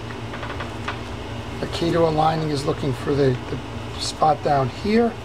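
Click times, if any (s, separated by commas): none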